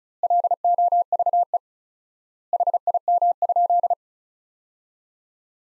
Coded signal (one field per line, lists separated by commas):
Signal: Morse code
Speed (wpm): 36 wpm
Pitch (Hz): 700 Hz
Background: none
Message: LOVE HIM?